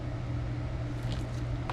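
While installing power running boards on an F150, a small wiring harness connector is pushed into its mating socket over a steady low hum. A faint tick comes at 1.1 s, then a sharp, small click at 1.7 s as the connector seats.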